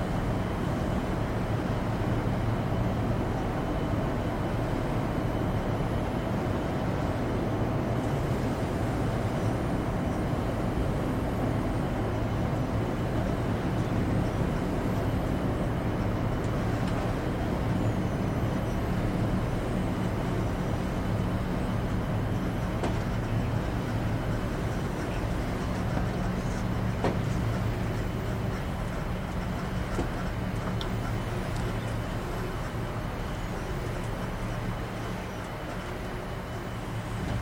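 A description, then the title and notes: Shuttle cabin ambience: a steady, dense rumble of the vehicle in motion, heavy in the low end with a constant hum. The level barely shifts across the clip, easing slightly near the end, with a few faint clicks and rattles around the middle. Space Drift | Deep Sleep Shuttle Cabin Ambience.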